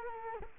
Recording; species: mosquito wingbeat signal from an infrared sensor; Culex quinquefasciatus